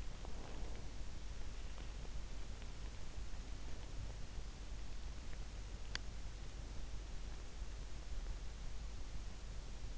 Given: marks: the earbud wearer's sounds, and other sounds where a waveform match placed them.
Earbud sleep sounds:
sounds in sleep by an in-ear microphone; breath, teeth grinding
0.00-1.25 s: breath
5.85-6.24 s: teeth grinding

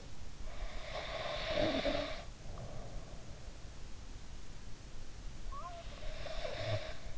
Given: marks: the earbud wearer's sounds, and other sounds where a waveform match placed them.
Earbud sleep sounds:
sounds in sleep by an in-ear microphone; snoring breath
0.66-3.05 s: snoring breath
5.35-7.18 s: snoring breath

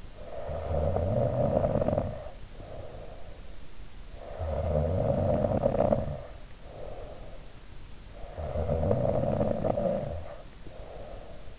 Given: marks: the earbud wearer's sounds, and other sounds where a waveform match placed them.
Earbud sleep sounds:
sounds in sleep by an in-ear microphone; snoring breath
0.00-3.53 s: snoring breath
4.11-7.65 s: snoring breath
8.17-11.59 s: snoring breath

